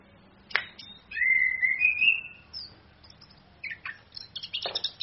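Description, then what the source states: Orange-headed thrush song: a sharp note, then a long rising whistled slur and scattered high chirps and buzzy notes, ending in a burst of scratchy notes. Female bird; recording used as a training master for other birds, played from a phone screen.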